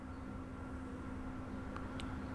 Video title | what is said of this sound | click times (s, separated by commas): Building a DNA250C Part Two: Soldering the Board | and locks into place there | 1.8 s, 2.0 s